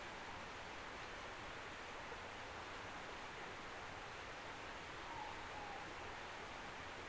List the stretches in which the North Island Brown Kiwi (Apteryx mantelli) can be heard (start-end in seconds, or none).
none